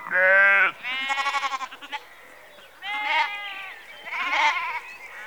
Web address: Sound Effects Library Exterior Atmospheres-Rural Backg Sheep Early Evening- Close